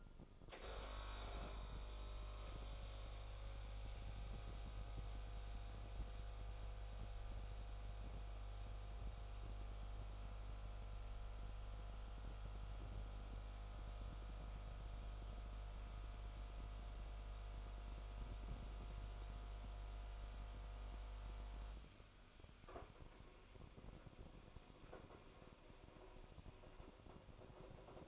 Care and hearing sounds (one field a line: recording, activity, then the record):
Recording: daily activity, microphone in the room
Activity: make coffee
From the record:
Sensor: 5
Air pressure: 988.6 hPa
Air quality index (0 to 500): 223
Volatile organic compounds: 139 ppm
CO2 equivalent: 3972 ppm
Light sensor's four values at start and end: 41/127/49/53 and 41/127/49/53